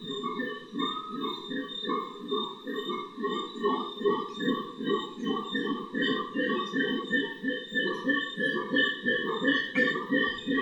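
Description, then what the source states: Howler monkeys howling in a dense, rapid pulsing roar, coarse and low, continuing without pause alongside steady high buzzing and whistling sounds. Several howler monkeys in the Otún Quimbaya Sanctuary, Risaralda, Colombia, recorded in 2011.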